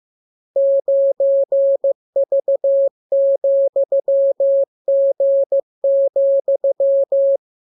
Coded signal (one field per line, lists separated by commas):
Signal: Morse code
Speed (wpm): 15 wpm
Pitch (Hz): 550 Hz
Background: none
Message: 9V,G,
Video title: Learning Morse Code. Lesson 29. Letter KMURESNAPTLWI.JZ=FOY,VG5/Q92H3